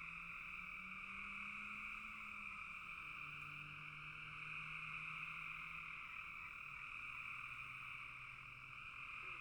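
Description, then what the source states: Frogs calling in a thick unbroken chorus, a high steady trill over a faint low hum that slowly dips in pitch. Several frogs calling in a bog.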